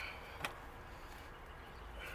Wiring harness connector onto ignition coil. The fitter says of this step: Didn't hear any snap.